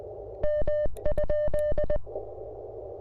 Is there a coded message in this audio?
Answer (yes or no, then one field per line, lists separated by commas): yes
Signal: Morse code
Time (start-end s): 0.4-2.0 s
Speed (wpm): 20 wpm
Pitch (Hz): 1800 Hz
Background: none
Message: M?